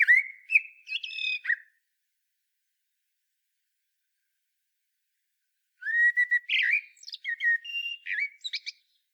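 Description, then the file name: Common blackbird song: a whistled phrase with twittery end, a pause of about four seconds, then a longer phrase of fluty notes and high squeaky twitters. "Turdus merula"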